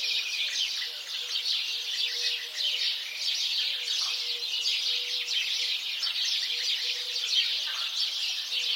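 House sparrows chattering as a flock: a dense, continuous wash of overlapping chirps and tweets, with faint low tones flickering underneath.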